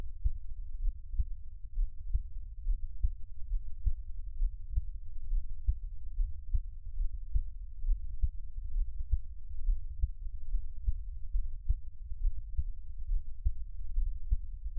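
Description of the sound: A normal adult heartbeat heard up close through a nearby microphone, with no talking.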